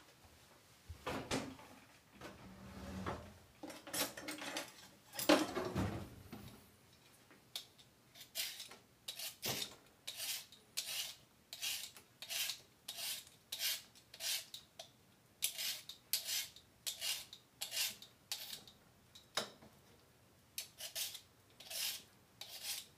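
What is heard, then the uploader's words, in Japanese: Cooking sounds: the first seven seconds bring irregular clatter and knocks of utensils being handled. After that a steady run of bright, scraping strokes begins, repeating roughly twice a second like grating or rasping, with a short pause just before twenty seconds. 料理の音。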